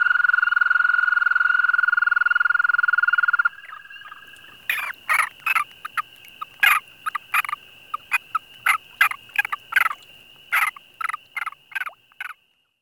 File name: American Toad